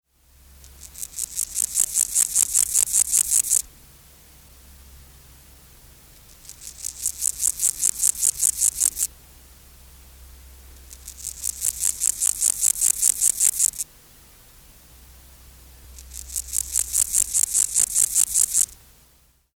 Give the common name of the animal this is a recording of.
Water-meadow Grasshopper